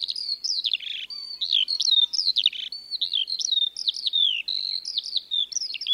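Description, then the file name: Eurasian skylark song: rapid, high, liquid warbling of looping whistled notes and brief rattles, flowing on without a break. "skylark song normal"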